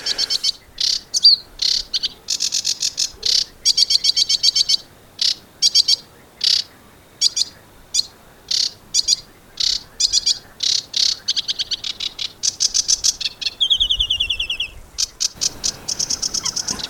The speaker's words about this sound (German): Aber zurück zum Vogel der Woche, den wollte ich Ihnen ja näher bringen. Hier zum Start unseres Birdways, nämlich den Schilfrohrsänger, den Sie ja gerade schon gehört haben.